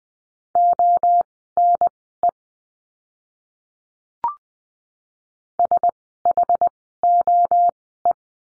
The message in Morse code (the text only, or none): ONE SHOE